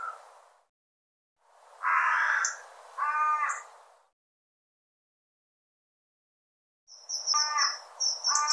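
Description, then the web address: Bird giving harsh, harmonic calls in short bursts separated by silent gaps, with thin high notes alongside. "cianscape birddata"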